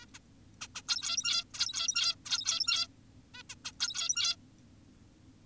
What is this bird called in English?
Zebra Finch